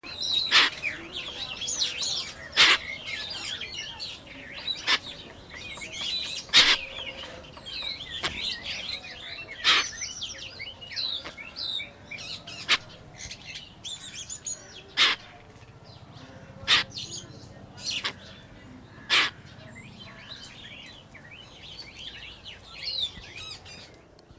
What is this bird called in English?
Grey-winged Trumpeter